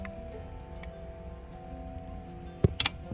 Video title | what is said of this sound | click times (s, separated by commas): Tool Tip: How to use a Come Along / Hand Winch | okay so do you see that little click so this one right here just now engaged in the next | 2.8 s